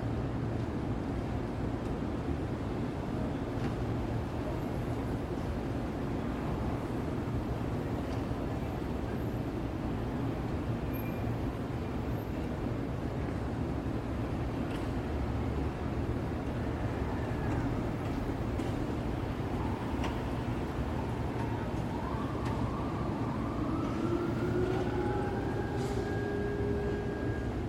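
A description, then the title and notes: Steady, dense rumble of city traffic throughout, with a siren-like tone rising and holding near the end over the low drone. Open Window New York City Soundscape at Night. Midtown Manhattan City Sounds. City soundscape of Midtown New York City in binaural audio. This is a view of 33rd street from my hotel room in the evening. The audio is not looped and recorded on location.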